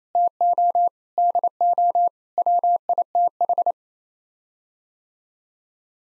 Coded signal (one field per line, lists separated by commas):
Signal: Morse code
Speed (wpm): 28 wpm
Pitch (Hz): 700 Hz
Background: none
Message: TO DO WITH